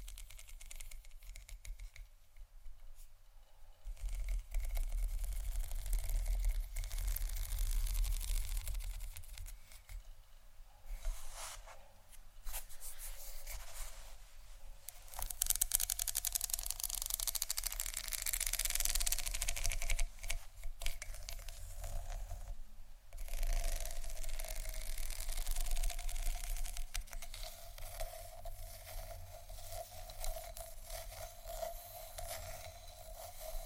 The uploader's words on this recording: ASMR Scratch & Tap On Tingly Textures（No Talking）.